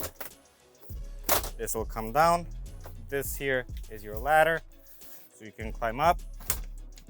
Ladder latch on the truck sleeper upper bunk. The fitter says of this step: clicks into place and now you're good to climb up up here